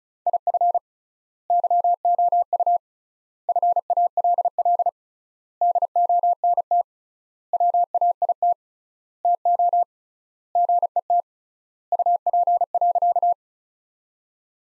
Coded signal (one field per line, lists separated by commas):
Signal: Morse code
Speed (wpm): 36 wpm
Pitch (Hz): 700 Hz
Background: none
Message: IF YOU FALL DONT WAIT TO GET UP.